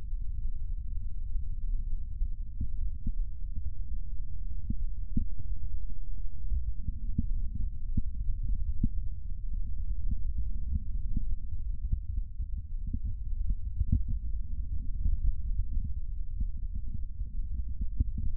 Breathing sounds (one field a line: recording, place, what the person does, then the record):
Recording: lung sounds by stethoscope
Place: right anterior apical chest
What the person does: quiet breathing, then deep breathing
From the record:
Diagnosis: interstitial lung disease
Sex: female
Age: 53 years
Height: 168 cm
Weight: 108 kg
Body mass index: 38.3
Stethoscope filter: bell mode